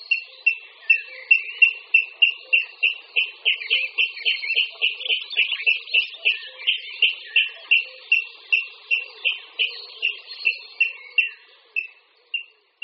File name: Chřástal vodní